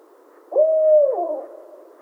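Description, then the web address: Barred owl sounding one sustained hoot, flat and steady, ending in a descending slur, with only low background hiss around it. Recorded 28 July 2011. "Barred Owl 2011 07 28"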